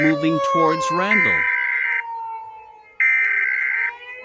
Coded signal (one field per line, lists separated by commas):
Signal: Emergency Alert System (SAME) tones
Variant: header bursts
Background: speech